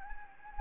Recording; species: mosquito wingbeat signal from an infrared sensor; Anopheles gambiae